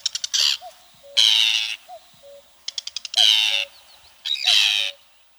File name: Krachka poljarnaja